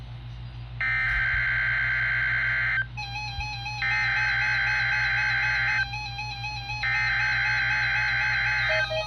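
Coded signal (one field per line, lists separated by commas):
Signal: Emergency Alert System (SAME) tones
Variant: header bursts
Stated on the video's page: Child abduction emergency alert on a NOAA Weather Radio station.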